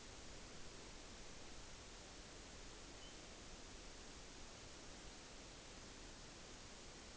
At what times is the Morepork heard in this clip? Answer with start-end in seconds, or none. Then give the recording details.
none. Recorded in New Zealand on 9 October 2013. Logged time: 17:00. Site Ponui